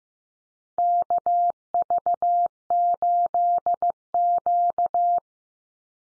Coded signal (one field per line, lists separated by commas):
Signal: Morse code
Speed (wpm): 15 wpm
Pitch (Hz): 700 Hz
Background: none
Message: KV8Q